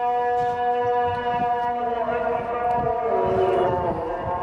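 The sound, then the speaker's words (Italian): A muezzin's call to prayer: one loud, amplified voice holds a long, slowly wavering melodic note with a bright, buzzing tone, steady throughout with no other talking. “Un brivido corre lungo la schiena di Buttafuoco quando sente il muezzin.”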